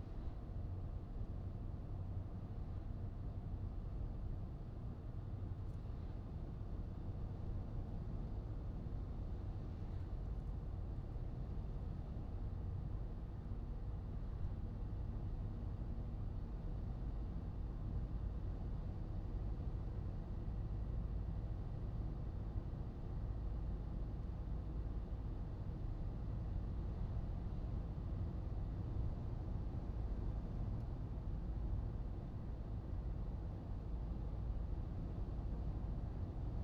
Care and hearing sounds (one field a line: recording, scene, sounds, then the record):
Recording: everyday scene through a hearing-aid microphone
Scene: in a vehicle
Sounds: engine, highway driving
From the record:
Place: Skoda Fabia, gasoline engine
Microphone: in the ear canal, right